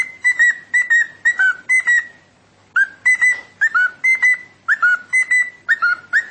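Cockatiel whistling in bright, clipped phrases of short notes, about two per second, a brief pause midway, then the repeated whistles resume.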